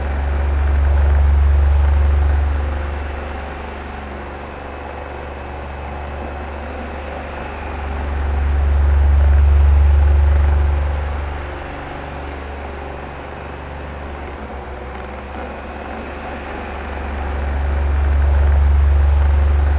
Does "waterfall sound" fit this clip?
no